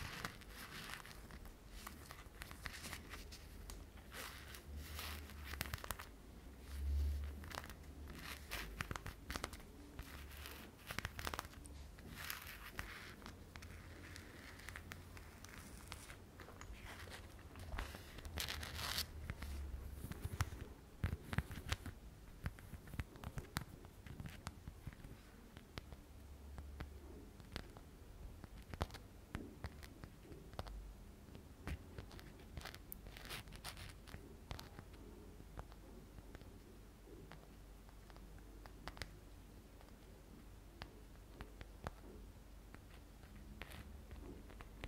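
Tapping and scratching on glass, a sponge and a purse, with dense crackly rubbing and sharp taps throughout, busiest early and thinning after thirty seconds.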